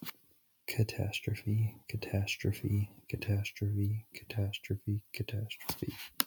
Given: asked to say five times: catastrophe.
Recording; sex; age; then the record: repeated word; male; 20 to 29 years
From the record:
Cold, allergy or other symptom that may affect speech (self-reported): no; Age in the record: 26 years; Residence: California, United States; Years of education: 18